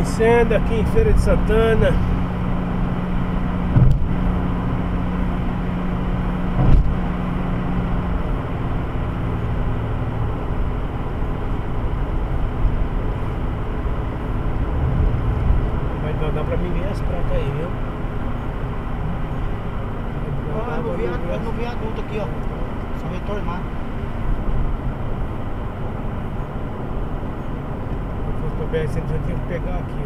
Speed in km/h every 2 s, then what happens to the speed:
95, 96, 96, 91, 87, 87, 87, 87, 84, 81, 81, 81, 77, 74, 72.
4-8 slows to 87. 8-14 steady at about 87. 14-30 slows to 72.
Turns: none.